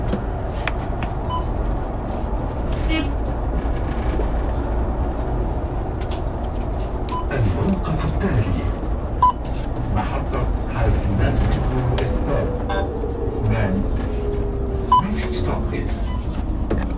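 Bus ride with a steady low rumble of the engine and road noise running throughout. Voices murmur in the background, and occasional clicks and rattles pop up, with a faint rising whine from about ten to fourteen seconds.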